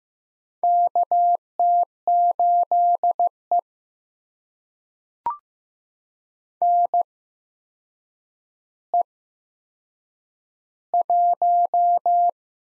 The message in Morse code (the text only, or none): KT8E NE1